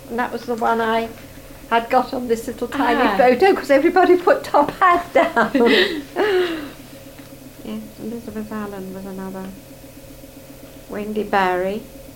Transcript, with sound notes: And that was the one I'd got on this little, tiny photo--
Ah.
'Cause everybody put Top Hat down. [laughs]
Oh.
Yes. Elizabeth Allan was another. Wendy Barrie.